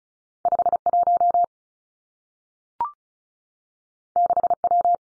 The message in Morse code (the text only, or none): 5 1 6 W